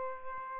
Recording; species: mosquito wingbeat signal from an infrared sensor; Aedes albopictus